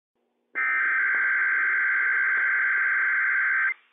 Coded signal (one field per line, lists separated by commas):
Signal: Emergency Alert System (SAME) tones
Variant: header bursts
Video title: Inland Northwest RWT - WWF56 - EAS #108 - 10:08 AM PDT 6/1/21